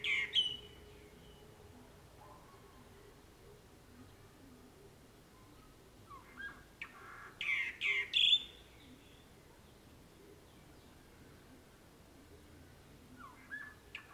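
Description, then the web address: Bird song in short bright bursts of chirps and trills near the start, again around seven to eight seconds, and briefly at the end, with quiet pauses between. Birds recorded in the morning, June 2009. "2009-06-morning-birds morningbirds"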